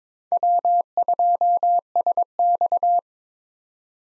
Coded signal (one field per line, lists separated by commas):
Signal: Morse code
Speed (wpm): 22 wpm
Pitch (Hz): 700 Hz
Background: none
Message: W2SX